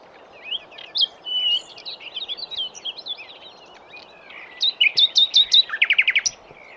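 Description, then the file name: Common nightingale song: a varied run of whistled and slurred notes, then a string of loud repeated piping notes and a fast rattling trill near the end. "Luscinia megarhynchos"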